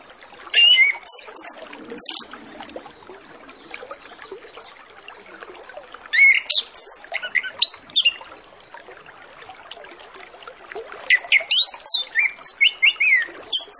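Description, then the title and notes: Orange-headed Thrush singing three separate bursts of varied whistles, squeaky high notes and fast chattering runs, with a soft trickling noise between phrases. Full, varied 'isian' song used as a lure to prompt Orange-headed Thrushes to sing openly and quickly ('ngeplong'). "Masteran Anis Kembang Full Isian Untuk Suara Pancingan Anis Kembang Agar Cepat Ngeplong. Suara Burung Anis Kembang"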